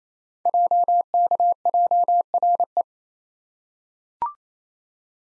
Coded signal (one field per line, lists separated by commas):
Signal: Morse code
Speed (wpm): 27 wpm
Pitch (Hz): 700 Hz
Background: none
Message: JKJRE